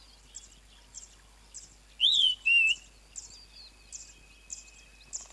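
Flappet lark calls: two clear, high whistled notes, the second flatter, with faint high chirps repeating in the background.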